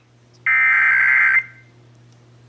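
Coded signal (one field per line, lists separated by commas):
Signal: Emergency Alert System (SAME) tones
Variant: header bursts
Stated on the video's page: Texas required monthly test as aired on several radio and TV stations.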